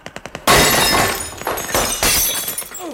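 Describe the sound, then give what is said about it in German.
A quick burst of about six sharp submachine-gun shots gives way to a loud, prolonged crash of glass preserve jars, including raspberry jam, shattering, with bright tinkling shards falling and clattering as the noise tapers off. “Und das ganze Eingemachte haben sie zerschossen.”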